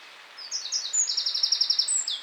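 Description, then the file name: Eurasian wren, a short bright song phrase: a few high chips leading into a quick rattling trill and further twittered notes. "Troglodytes troglodytes"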